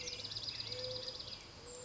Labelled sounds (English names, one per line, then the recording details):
Mourning Dove
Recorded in Sonoma County, California